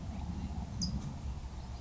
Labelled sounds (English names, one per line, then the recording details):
California Towhee
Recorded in Sonoma County, California